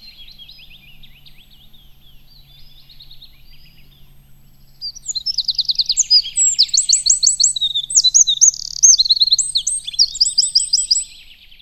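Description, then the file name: Eurasian wren song, a soft high twitter that swells into a loud, very fast run of trills and sharp notes lasting about six seconds. "Troglodytes troglodytes"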